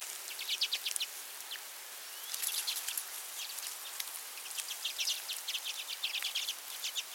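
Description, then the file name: Common redpoll calls, a dense chatter of short, dry, high chips in quick bursts, pausing briefly early on before resuming. Nominate subspecies flammea. "Carduelis flammea flammea - Common Redpoll"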